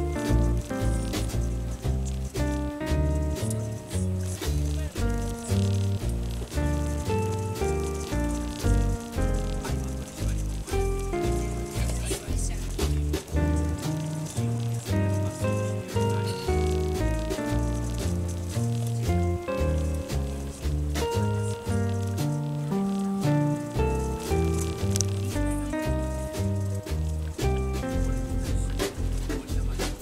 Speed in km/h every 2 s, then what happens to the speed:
23, 25, 25, 22, 23, 24, 24, 26, 26, 27, 28, 29, 30, 29, 28.
0-30 steady at about 26.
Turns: none.